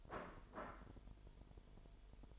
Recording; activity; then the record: daily activity, microphone in the room; place plate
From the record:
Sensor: 5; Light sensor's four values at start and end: 10/24/10/11 and 10/24/10/11